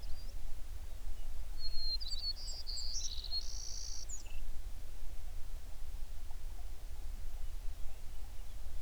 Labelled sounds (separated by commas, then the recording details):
songbird
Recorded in the Prudhoe Bay oil fields, Alaska, on 11 June 2019 at 04:47
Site 21